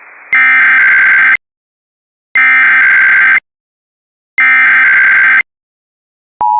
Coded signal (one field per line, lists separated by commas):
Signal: Emergency Alert System (SAME) tones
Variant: header bursts